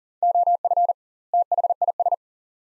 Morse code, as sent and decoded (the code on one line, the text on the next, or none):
--- ..-. / - .... .. ...
OF THIS